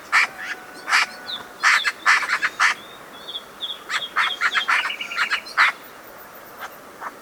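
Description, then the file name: Eurasian magpie uttering repeated harsh, scratchy chattering notes in quick irregular bursts, while other birds add thin whistled tones in the background. "Pica pica"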